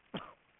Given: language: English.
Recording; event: throat vibration sensor signal played as sound; cough